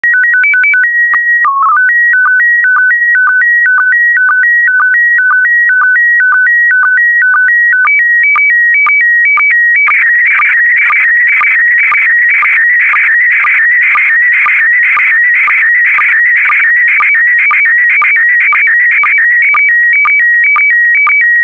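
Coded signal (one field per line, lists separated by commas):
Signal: SSTV (slow-scan television)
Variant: PD120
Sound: stepping two-pitch warble with short low blips, then a buzzing scan with regular ticks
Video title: (04 of 12) ISS Expedition 61 - MAI-75 January 2020 - Retransmission SSTV PD120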